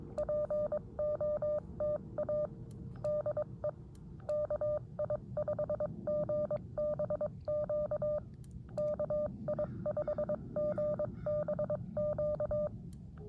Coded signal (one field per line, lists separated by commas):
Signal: Morse code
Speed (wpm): 22 wpm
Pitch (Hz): 600 Hz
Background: none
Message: POTA DE KI5GBQ KI5GBQ